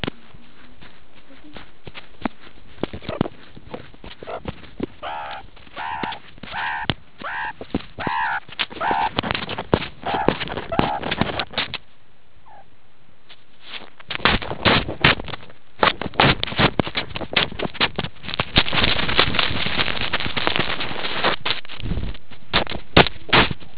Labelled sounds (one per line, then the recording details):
meerkat close call
meerkat social call
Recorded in the Kuruman River Reserve, South Africa
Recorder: an audio tag on a meerkat's collar